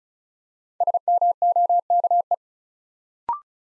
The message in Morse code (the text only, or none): SMOKE